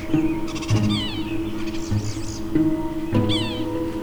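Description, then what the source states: Sapsucker calls: squeaky, nasal mewing notes sliding downward, in a couple of bursts over steady low droning tones. Call described as a simple squeak, much like a squeak toy.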